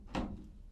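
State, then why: Not seated. A part is handled as it is pressed onto the device housing of an assembly, making a short broadband knock at about 0.2 s that fades into low rustling. Nothing has seated or clicked into place yet.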